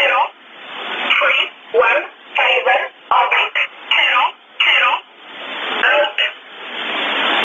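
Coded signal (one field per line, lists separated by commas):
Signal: numbers station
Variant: E11 Oblique, English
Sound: short spoken words, likely numbers, read one by one with pauses over a radio channel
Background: radio static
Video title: 29 12 2018 E11 Oblique Numbers station in English to Eu 0805 on 7377 unknown tx site in USB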